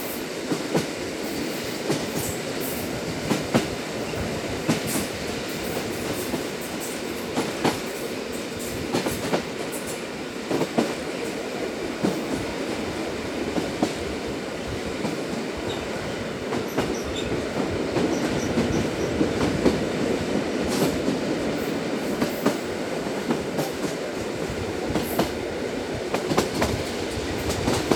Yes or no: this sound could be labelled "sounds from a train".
yes